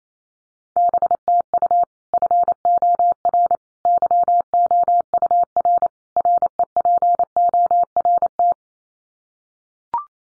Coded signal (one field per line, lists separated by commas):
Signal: Morse code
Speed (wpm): 28 wpm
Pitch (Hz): 700 Hz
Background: none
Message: BTU FOR YOUR REPORT